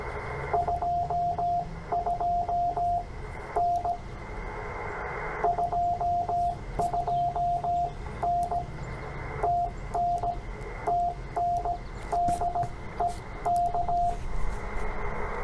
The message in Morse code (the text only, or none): 22N 22N TN TN DE K